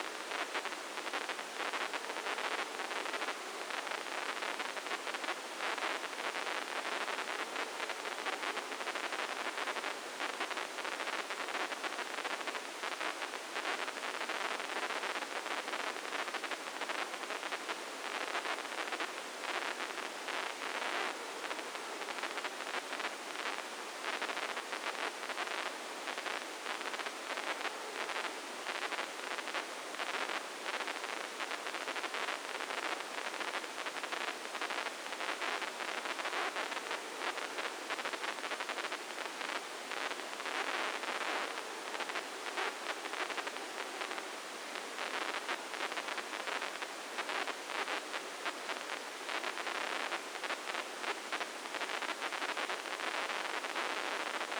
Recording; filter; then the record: brain microelectrode recording played as sound; spike band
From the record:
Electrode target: subthalamic nucleus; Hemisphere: left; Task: reaching with the right hand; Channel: 1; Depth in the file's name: 2.062 mm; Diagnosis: Parkinson's disease